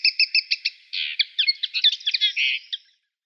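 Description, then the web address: Eurasian linnet song, a string of even clipped chirps followed by a buzzy note and a hurried jumble of twittering, metallic notes. "Schulze Peter Eurasian Linnet song"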